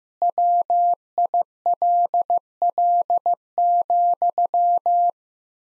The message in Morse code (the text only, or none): WILL,